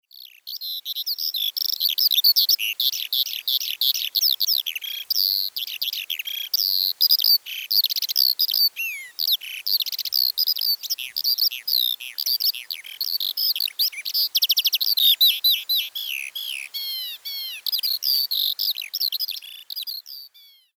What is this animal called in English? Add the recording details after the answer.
Eurasian Skylark. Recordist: Tembrock, Günter. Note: Gesang